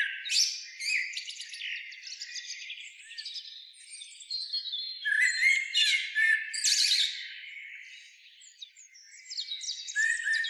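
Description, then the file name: Eurasian blackbird giving dense, harsh chattering and squawky notes, jumbled high phrases running nearly continuously with brief quieter gaps around the middle and near the end. "Turdus merula"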